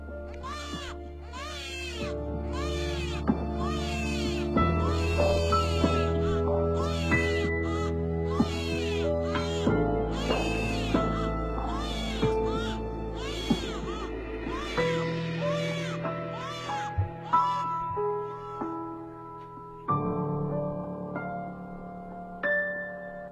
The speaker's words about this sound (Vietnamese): Trong tiếng khóc như xé vải của hai đứa bé sơ sinh đang đói sữa.